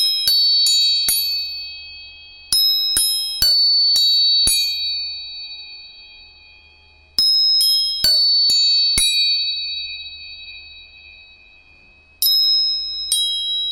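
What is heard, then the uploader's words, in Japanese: Tuning forks are struck in quick bursts of three or four sharp metallic taps, near the start, around 2.5 seconds, 7 seconds and 12 seconds. Each leaves bright, high ringing tones that fade slowly, over a faint low hum. 音叉チューニング全体性。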